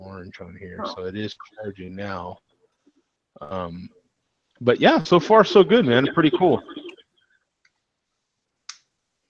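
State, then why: Seated. A magnetic hinged lid on a small lighter-sized pocket case is closed and snaps shut. Someone talks for most of the clip, then after a pause the lid gives a sharp, short click at 8.7 s, and it is shut.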